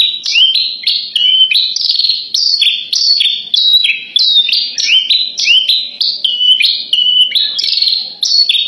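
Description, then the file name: Horsfield's bush lark song, a continuous rapid sequence of high chirps stepping up and down in pitch, clean and even throughout. Tutor recording used for training captive birds to sing. "suara masteran branjangan"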